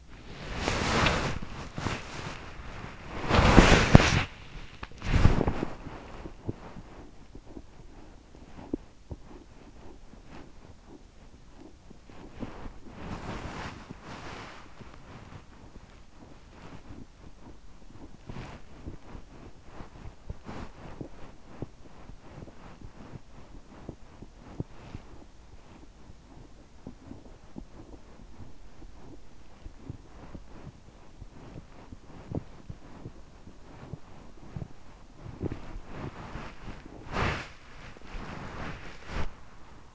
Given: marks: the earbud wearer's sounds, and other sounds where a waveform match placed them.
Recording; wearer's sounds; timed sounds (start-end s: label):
sounds in sleep by an in-ear microphone; body movement
0.00-39.94 s: body movement